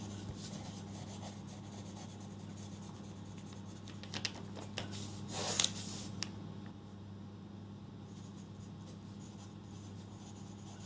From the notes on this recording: going through my notes and re-writing stuff